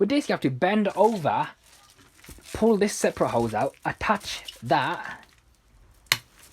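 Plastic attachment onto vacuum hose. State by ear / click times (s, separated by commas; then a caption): seated / 6.1 s. On a Vax Air Stretch Pet Max upright vacuum, the separate hose is pulled out and a plastic attachment is pushed onto it. Someone talks over the handling and rustling, then a single sharp click at 6.1 s marks the attachment seating on the hose.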